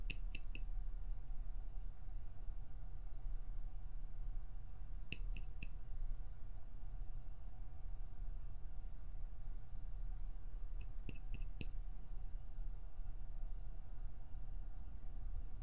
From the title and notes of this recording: PLUCKING, PINCHING, FINGER FLUTTERING, PERSONAL ATTENTION - NO TALKING.